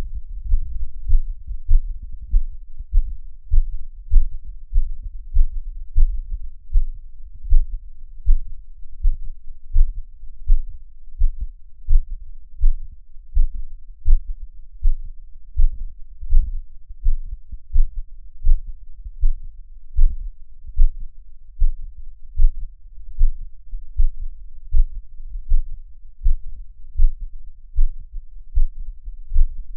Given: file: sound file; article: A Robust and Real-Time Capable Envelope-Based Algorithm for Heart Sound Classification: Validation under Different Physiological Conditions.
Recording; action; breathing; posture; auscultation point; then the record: heart sounds by electronic stethoscope; after 5 min of sport; deep; sitting; Erb’s point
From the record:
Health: healthy, no known heart disease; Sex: male